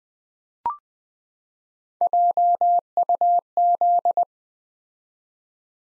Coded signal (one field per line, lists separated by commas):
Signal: Morse code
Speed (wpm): 20 wpm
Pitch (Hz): 700 Hz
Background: none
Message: JUZ